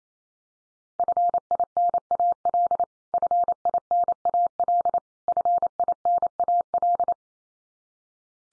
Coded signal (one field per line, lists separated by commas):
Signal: Morse code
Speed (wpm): 28 wpm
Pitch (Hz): 700 Hz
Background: none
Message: FINAL FINAL FINAL